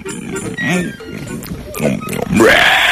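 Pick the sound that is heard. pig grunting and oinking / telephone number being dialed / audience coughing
pig grunting and oinking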